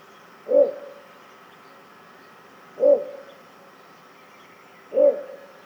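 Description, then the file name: Little bittern giving three low, gruff barking notes roughly two seconds apart over a faint even background hum. "torpegem-hangja torpegem-Ixobrychus-minutus"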